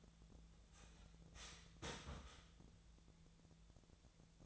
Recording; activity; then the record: daily activity, microphone in the room; start toaster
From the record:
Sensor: 3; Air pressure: 1000.2 hPa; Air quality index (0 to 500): 154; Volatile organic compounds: 3 ppm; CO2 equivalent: 1363 ppm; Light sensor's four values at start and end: 37/95/40/43 and 37/95/40/43